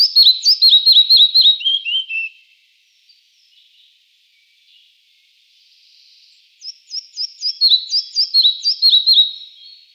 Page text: پرندگان ایران: مگس گیر سینه سرخ. باشگاه پرنده نگری ایرانیان. مگس گیر سینه سرخ - صدا